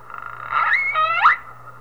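Whale giving a brief tonal call: a wavering whistle with harmonics that dips and sweeps upward twice, over a steady low hum.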